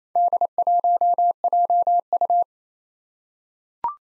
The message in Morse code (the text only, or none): D1JU